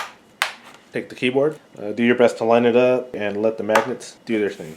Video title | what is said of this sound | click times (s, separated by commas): Logitech Slim Combo iPad Pro Case | so the way this works is the iPad just snaps right and take | 0.4 s